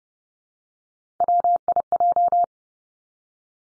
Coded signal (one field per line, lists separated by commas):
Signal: Morse code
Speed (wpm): 30 wpm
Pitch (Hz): 700 Hz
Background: none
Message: WIJ